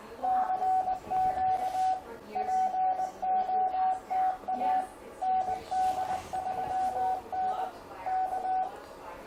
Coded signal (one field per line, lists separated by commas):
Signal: Morse code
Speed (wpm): 21 wpm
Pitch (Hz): 750 Hz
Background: radio noise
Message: CQ POTA ND3N K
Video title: All you ever wanted to know about FT-991A CW - but were afraid to ask